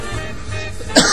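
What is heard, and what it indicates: An adult coughs once, briefly, during a radio show conversation.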